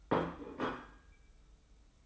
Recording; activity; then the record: daily activity, microphone in the room; place plate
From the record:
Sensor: 1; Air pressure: 990.9 hPa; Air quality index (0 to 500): 132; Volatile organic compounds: 414 ppm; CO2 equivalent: 4695 ppm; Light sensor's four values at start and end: 23/55/23/25 and 23/55/23/25